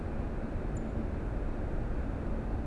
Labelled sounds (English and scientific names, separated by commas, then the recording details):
Song Thrush (Turdus philomelos)
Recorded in Germany
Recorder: ecoPi